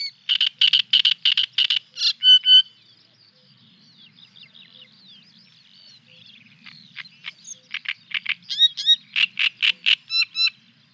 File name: Trastsångare